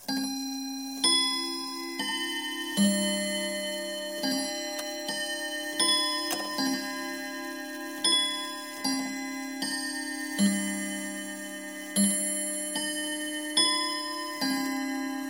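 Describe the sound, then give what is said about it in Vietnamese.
A clock strikes eight o'clock with a steady series of ringing, bell-like strikes roughly every second, each tone humming and overlapping the next as it fades. No voices are heard. “Đồng hồ điểm 8 giờ, tiếng chuông đầu tiên cắt ngang những suy tưởng của tôi.”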